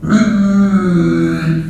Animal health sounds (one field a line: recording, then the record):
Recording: squeal of a Yucatan mini pig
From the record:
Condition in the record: after surgery on the right vocal fold (resection and tissue-engineered implant)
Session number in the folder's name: 6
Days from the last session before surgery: 40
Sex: female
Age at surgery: 19 weeks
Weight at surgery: 25 kg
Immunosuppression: prednisolone